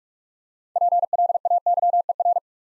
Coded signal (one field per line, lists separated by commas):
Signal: Morse code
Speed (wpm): 44 wpm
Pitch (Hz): 700 Hz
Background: none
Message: PLAYER